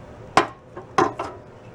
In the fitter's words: to mount it up on the seat the only thing is it's not latching